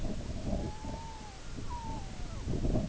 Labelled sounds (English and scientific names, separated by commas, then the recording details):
Red-throated Loon (Gavia stellata)
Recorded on Arctic tundra, site IGLO-B, on 19 June 2018
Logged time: 23:59